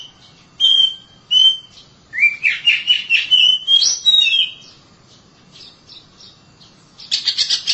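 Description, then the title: Oriental magpie-robin song: two clear whistles, then a fast varied warble of rising and falling notes, a quiet gap, and a final burst of harsh notes. "Suara Kicauan Burung Kacer"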